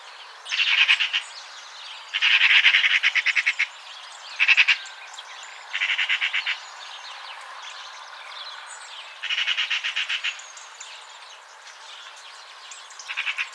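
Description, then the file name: Eurasian magpie chattering: harsh, rapid rattling bursts of clipped notes, given about six times with pauses between. "Pica pica"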